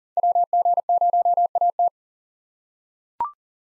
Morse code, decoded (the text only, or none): WG0AT